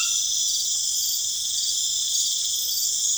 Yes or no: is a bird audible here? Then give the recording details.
no. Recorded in pastures near Puerto Asís, Putumayo, Colombia, on 25 June 2025 at 22:00. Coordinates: 0.502, -76.324. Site G010